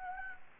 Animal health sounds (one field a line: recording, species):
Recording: mosquito wingbeat signal from an infrared sensor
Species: Anopheles gambiae